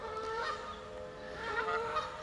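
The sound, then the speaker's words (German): Several geese honk continuously in an overlapping, nasal chorus, the calls rising and falling in strength without pause and no voices over them. “Da drüben scheint nämlich eine von den Gänsen zu brüten.”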